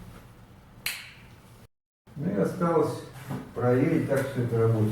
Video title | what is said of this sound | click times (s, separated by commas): Монтаж шторки FRIDANS из IKEA | to the right until it clicks. | 0.9 s